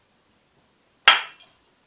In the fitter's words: как они со щелчком откручиваются там